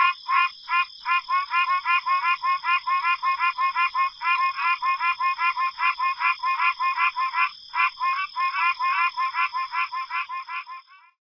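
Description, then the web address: Pine Barrens treefrog calls forming a long dense run of nasal honks, about three a second, over a continuous high-pitched buzzing drone. North America. "Songs of Frogs Toads of North America. Pine Barrens Treefrog"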